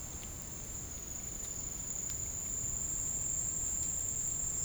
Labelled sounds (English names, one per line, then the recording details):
none
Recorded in dense forest near Puerto Asís, Putumayo, Colombia, on 27 June 2025 at 10:00
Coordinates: 0.503, -76.323
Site G059